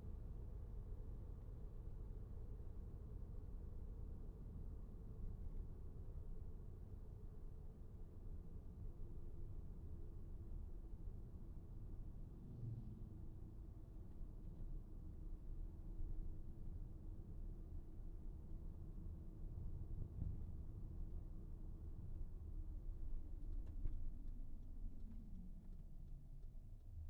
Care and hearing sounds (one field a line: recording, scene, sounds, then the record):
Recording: everyday scene through a hearing-aid microphone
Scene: in a vehicle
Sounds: engine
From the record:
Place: VW T5 Caravelle, diesel engine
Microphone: behind the ear, right, front